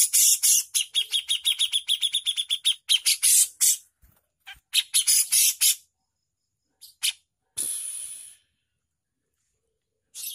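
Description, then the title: Bushlark song: fast dry trilled notes and harsh buzzy bursts in quick runs, broken by pauses and a long hissy note near the end. Used for training songbirds; bird singing persistently (gacor). "MASTERAN KICAUAN BRANJANGAN GACOR"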